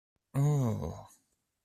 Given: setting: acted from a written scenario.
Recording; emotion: vocal sound without words; disgust